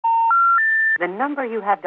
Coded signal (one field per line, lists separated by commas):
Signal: telephone call progress tone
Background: speech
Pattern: special information tone